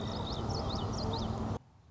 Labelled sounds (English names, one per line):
Common Yellowthroat